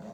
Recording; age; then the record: pig call; piglet (1 to 25 days)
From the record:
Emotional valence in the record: negative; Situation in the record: long isolation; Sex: female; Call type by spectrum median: low-frequency call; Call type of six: low-frequency modulated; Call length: 0.14 s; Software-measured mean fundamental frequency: 69 Hz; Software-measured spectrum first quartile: 201 Hz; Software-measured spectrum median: 390 Hz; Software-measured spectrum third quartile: 713 Hz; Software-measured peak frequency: 198 Hz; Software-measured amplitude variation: 110 dB a second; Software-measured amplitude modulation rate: 18.0 a second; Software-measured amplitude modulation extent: 6.1 dB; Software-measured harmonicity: 3.2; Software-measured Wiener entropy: -0.12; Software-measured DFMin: 816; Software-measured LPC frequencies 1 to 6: 646, 1533, 2523, 3611, 4557, 5890 Hz